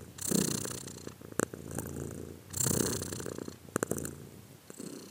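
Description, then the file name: A cat purring, a low throbbing drone that rises on two strong breaths, with a few sharp clicks between them. "cat again"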